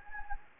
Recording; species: mosquito wingbeat signal from an infrared sensor; Anopheles gambiae